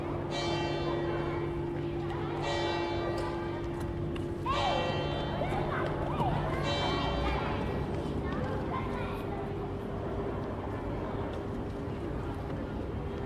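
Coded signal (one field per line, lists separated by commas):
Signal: bell signal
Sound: several ringing church bell strokes with long humming overtones, mixed with voices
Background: people talking, steady hum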